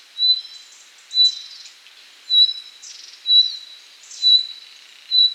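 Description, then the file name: Common nightingale song: a high pure whistled note about once a second, each followed by brief twittering flourishes, six phrases in a steady rhythm. "Luscinia megarhynchos"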